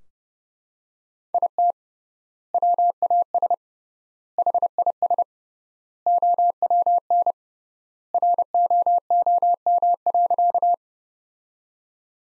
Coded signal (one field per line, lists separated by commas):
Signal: Morse code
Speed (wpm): 32 wpm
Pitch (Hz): 700 Hz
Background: none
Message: IT WAS HIS OWN ROOM.